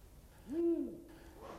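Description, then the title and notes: Ural owl giving a single deep hoot, with a fainter sound just after. "Viikon luontoääni: Viirupöllö."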